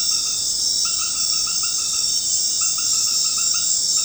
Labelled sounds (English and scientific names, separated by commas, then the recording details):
none
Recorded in secondary vegetation near Puerto Asís, Putumayo, Colombia, on 19 March 2025 at 19:30
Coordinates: 0.484, -76.319
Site G010